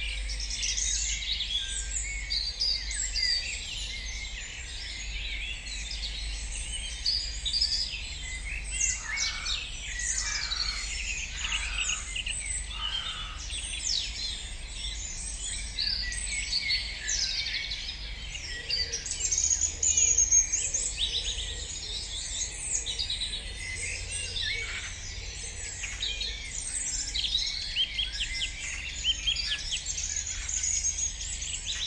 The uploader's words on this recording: Here the wave of silence is traced through recordings of the dawn chorus, made each day throughout the early summer.